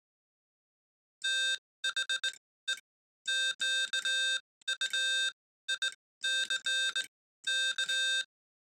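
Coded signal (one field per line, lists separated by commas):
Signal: Morse code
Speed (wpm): 18 wpm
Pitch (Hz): 1550 Hz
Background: none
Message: THE QUICK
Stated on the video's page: Morse sent on a Vibroplex bug.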